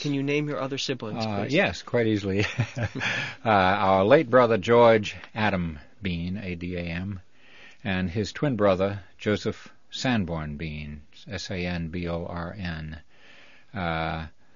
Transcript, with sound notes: ...can you name your other siblings, please?
Yes, quite easily. (they laugh) Our late brother, George Adam Bean, A-D-A-M, and his twin brother, Joseph Sanborn Bean, S-A-N-B-O-R-N.